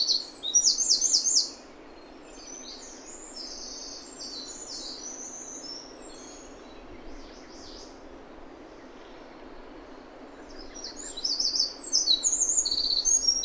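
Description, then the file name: Eurasian wren, high-pitched fast rattling trills at the start and again near the end, with quieter scattered chirps and constant hiss in between. "Troglodytes troglodytes"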